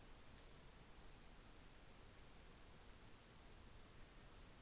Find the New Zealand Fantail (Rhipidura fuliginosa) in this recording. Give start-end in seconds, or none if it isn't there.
none